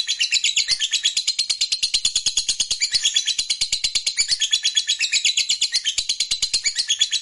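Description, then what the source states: Lovebird delivering a steady, rapid stream of high, scratchy chattering twitters, fast and even throughout. Fighter lovebird singing energetically (gacor).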